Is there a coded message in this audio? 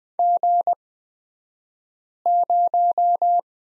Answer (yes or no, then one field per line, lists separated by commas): yes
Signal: Morse code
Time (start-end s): 0.2-3.4 s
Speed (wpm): 20 wpm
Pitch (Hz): 700 Hz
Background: none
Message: G0